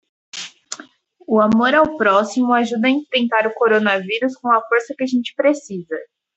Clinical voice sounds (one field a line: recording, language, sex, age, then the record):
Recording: spoken sentence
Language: Brazilian Portuguese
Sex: female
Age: 20 to 29 years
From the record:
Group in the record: control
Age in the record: 24 years